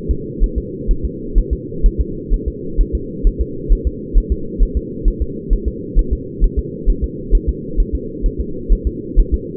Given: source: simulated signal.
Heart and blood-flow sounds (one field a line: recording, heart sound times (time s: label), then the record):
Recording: fetal heart sounds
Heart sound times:
0.11 s: S2
0.44 s: S1
0.58 s: S2
0.91 s: S1
1.05 s: S2
1.38 s: S1
1.53 s: S2
1.86 s: S1
2.01 s: S2
2.34 s: S1
2.48 s: S2
2.81 s: S1
2.95 s: S2
3.27 s: S1
3.41 s: S2
3.72 s: S1
3.87 s: S2
4.18 s: S1
4.32 s: S2
4.63 s: S1
4.77 s: S2
5.08 s: S1
5.22 s: S2
5.53 s: S1
5.68 s: S2
5.99 s: S1
6.13 s: S2
6.44 s: S1
6.59 s: S2
6.90 s: S1
7.04 s: S2
7.35 s: S1
7.49 s: S2
7.80 s: S1
7.95 s: S2
8.26 s: S1
8.41 s: S2
8.73 s: S1
8.87 s: S2
9.20 s: S1
9.34 s: S2
From the record:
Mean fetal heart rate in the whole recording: 130 bpm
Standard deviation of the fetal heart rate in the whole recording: 2 bpm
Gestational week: 38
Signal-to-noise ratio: -4.3 dB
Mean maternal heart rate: 72 bpm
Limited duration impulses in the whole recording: absent